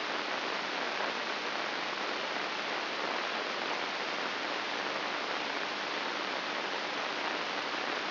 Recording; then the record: brain microelectrode recording played as sound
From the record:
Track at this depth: inside the subthalamic nucleus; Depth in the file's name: 5.083 mm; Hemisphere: left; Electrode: 2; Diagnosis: Parkinson's disease